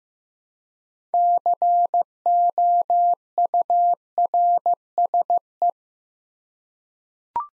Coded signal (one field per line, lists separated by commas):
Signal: Morse code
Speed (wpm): 15 wpm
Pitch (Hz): 700 Hz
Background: none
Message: COURSE